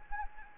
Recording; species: mosquito wingbeat signal from an infrared sensor; Anopheles gambiae